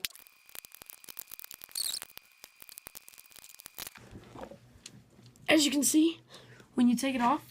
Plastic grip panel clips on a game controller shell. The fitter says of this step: gonna because you guys can hear the clicks as you